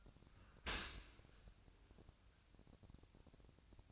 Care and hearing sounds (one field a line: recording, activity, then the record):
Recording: daily activity, microphone in the room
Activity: open dishwasher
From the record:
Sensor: 2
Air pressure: 1003.0 hPa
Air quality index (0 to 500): 200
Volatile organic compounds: 6 ppm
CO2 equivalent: 1896 ppm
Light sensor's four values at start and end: 24/57/25/27 and 24/57/25/28